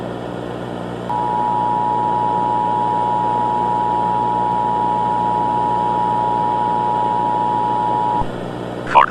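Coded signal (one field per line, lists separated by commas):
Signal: Emergency Alert System (SAME) tones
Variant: 853 and 960 Hz attention tone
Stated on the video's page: Fictional Fallout-inspired EAS scenario of nuclear war, styled as a pre-war broadcast picked up after the bombs; homemade recreation, not real.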